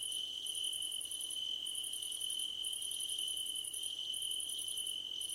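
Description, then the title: Dense cricket chirping: rapid pulse trains roughly once a second, gaps between them, on top of a steady high trill. Crickets at night under a starlit sky. "Nighttime Ambience with Crickets"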